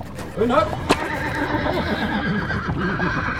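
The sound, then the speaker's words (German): A horse-drawn chaise rolls uphill toward a ruined, thick residential tower rising from foliage at Burg Ziegenrück, around three o'clock, with a steady rumble, a horse giving a brief wavering whinny early on, then a sharp single knock and continuing low clatter of hooves and wheels. “Die Chaise fährt bergan auf einen verfallenen, dicken Wohnturm zu, der kopflos aus dem Laub ragt.”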